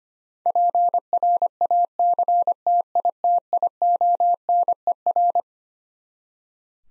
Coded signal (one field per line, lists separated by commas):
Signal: Morse code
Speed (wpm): 25 wpm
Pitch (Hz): 700 Hz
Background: none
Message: PRACTITIONER